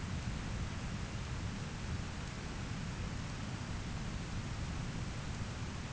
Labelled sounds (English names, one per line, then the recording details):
none
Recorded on Arctic tundra, site ZACK-1, on 13 June 2019
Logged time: 09:49